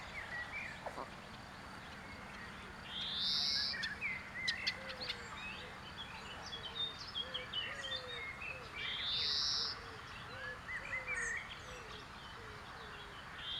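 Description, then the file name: European greenfinch giving a drawn-out buzzy wheeze about every six seconds, among scattered chirps and short whistles over steady background hiss. "Chloris chloris"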